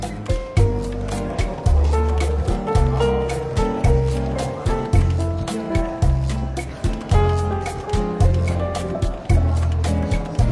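Relaxed jazz with a steady walking bass and soft regular drum taps plays up front, over a faint murmur of café chatter.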